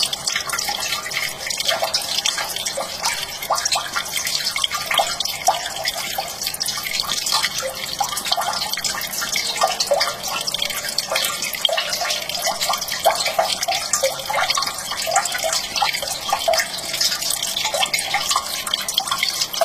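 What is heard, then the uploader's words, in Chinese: Rain drips and patters steadily outside a window, dense quick bright taps layered over a soft constant hiss throughout. 雨后窗外滴滴答答的下雨声。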